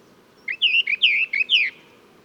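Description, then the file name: Orphean warbler song phrase made of several fluty, slurred notes given in steady succession. "sylvia hortensis song"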